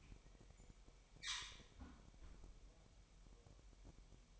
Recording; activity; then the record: daily activity, microphone in the room; close fridge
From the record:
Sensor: 1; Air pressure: 1002.0 hPa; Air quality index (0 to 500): 244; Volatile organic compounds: 50 ppm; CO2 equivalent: 3297 ppm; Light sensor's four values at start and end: 8/28/10/11 and 8/28/10/11